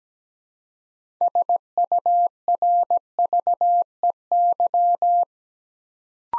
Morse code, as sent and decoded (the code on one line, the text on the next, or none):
... ..- .-. ...- . -.--
SURVEY